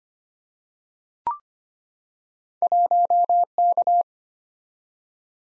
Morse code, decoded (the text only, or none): 1K